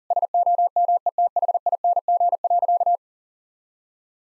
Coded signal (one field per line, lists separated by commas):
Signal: Morse code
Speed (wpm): 40 wpm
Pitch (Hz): 700 Hz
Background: none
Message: SOMETHING.